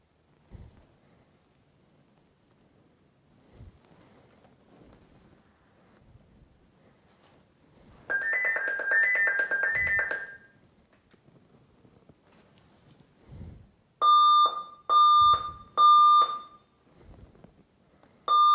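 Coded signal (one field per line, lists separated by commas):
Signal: beep code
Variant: Alienware laptop BIOS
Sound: a brief warbling tone, then three steady mid-pitched beeps, and a fourth cut off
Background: faint room noise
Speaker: when i switched on the laptop i get a beeping code let me show you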